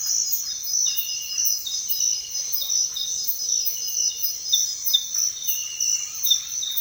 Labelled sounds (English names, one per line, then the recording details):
none
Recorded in secondary vegetation near Puerto Asís, Putumayo, Colombia, on 29 June 2025 at 06:00
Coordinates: 0.498, -76.327
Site GP09